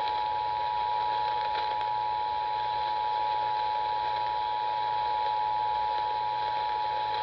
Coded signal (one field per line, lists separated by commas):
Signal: Emergency Alert System (SAME) tones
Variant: 853 and 960 Hz attention tone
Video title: June 2024 Texas Required Monthly Test (EAS #637-645)